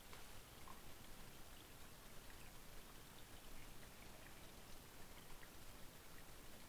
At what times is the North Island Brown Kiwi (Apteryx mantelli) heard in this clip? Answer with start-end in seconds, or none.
none